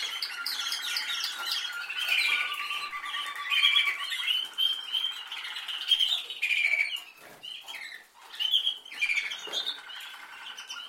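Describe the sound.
Canary song of rolling trills and bright, ringing phrases, broken by short pauses and a few clicking sounds in the second half.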